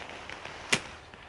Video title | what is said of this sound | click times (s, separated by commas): The Tragopan Hokki V2 Low Level Photo Blind / Hide for Wildlife Photography | it will click into place with | 0.7 s